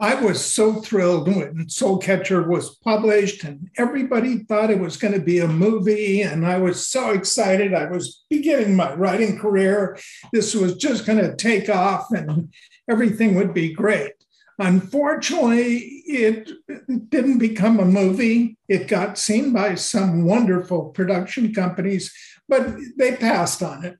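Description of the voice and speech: An adult man speaks in a continuous monologue with essential voice tremor; his voice wavers in pitch, and he has been losing his voice, which he likens to sounding like a 100-year-old man.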